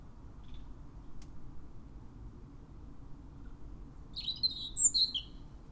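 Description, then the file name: European robin giving one short, high, tinkling phrase near the end, after several seconds of near-quiet with low background noise. "Erithacus rubecula"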